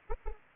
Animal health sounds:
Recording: mosquito wingbeat signal from an infrared sensor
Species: Anopheles arabiensis

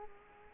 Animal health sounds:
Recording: mosquito wingbeat signal from an infrared sensor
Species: Culex quinquefasciatus

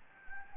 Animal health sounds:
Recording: mosquito wingbeat signal from an infrared sensor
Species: Anopheles gambiae

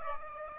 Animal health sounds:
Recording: mosquito wingbeat signal from an infrared sensor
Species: Aedes aegypti

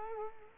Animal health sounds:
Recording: mosquito wingbeat signal from an infrared sensor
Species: Culex quinquefasciatus

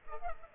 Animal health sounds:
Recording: mosquito wingbeat signal from an infrared sensor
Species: Culex pipiens

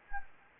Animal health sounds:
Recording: mosquito wingbeat signal from an infrared sensor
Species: Anopheles gambiae

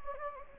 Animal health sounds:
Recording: mosquito wingbeat signal from an infrared sensor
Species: Anopheles gambiae

